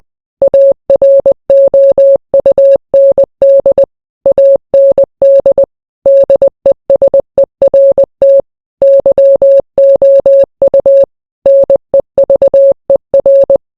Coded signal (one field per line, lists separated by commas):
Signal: Morse code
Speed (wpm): 20 wpm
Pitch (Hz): 550 Hz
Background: none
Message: AROUND AND DESERT YOU NEVER